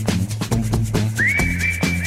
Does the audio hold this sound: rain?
no